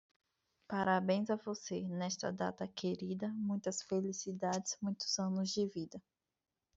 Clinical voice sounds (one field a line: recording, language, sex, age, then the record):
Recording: short text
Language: Brazilian Portuguese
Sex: female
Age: 20 to 29 years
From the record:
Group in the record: control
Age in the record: 27 years